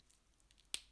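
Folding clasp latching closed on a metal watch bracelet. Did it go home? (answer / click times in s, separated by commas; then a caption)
yes / 0.7 s. A milled steel deployant clasp on a metal watch bracelet is folded closed and snaps back into place easily. A single sharp, bright click lands at 0.7 s, preceded by faint small ticks and followed by a softer tick near the end. The clasp latches shut.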